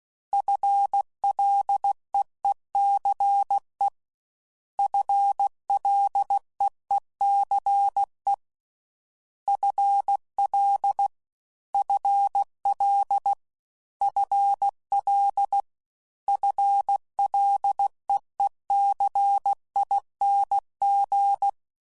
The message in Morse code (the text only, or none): FLEECE FLEECE FL FL FL FLEECING